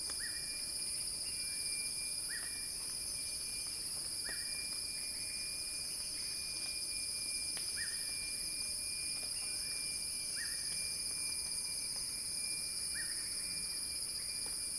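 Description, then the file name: Cicada chorus, a sustained piercing hum, with a bird repeating short upward-sweeping whistles at intervals. Cicadas singing in a crescendo. "earth-fm Axel-Drioli Cicada-Crescendo-Sounding-Wild"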